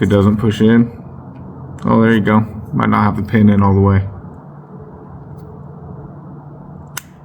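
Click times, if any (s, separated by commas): 7.0 s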